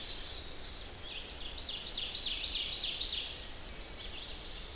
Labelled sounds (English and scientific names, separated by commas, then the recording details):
Ovenbird (Seiurus aurocapilla) song
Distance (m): 55 m
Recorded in boreal forest in Alberta, Canada, on 10 June 2016 at 07:49
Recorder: SongMeter 3, array SBT-3-39
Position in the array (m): 324 m, 145 m
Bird 19